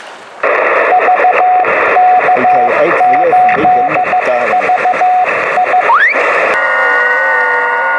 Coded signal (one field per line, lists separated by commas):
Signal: Morse code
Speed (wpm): 14 wpm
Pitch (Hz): 730 Hz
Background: radio noise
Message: VK8VI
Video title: DX with this! 15000km with an under 1 metre tall antenna